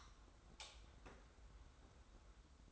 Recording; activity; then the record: daily activity, microphone in the room; light off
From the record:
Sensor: 3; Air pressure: 991.1 hPa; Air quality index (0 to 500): 112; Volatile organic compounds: 61 ppm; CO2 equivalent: 3432 ppm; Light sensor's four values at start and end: 38/93/37/35 and 35/84/34/32